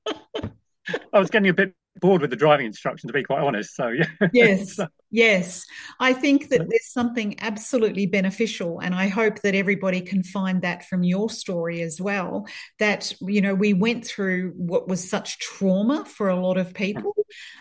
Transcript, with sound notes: I was getting a bit bored with the driving instructions, to be quite honest, so yeah. (laughs)
Yes. Yes. I think that-
... there's something absolutely beneficial, and I hope that everybody can find that from your story as well, that, you know, we went through what was such trauma for a lot of people,